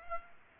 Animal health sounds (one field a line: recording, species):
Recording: mosquito wingbeat signal from an infrared sensor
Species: Culex pipiens